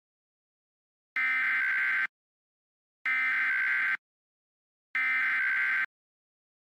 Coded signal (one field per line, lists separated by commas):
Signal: Emergency Alert System (SAME) tones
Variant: header bursts